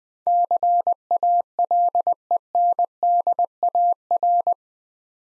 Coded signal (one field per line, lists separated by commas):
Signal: Morse code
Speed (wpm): 21 wpm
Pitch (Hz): 700 Hz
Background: none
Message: CALENDAR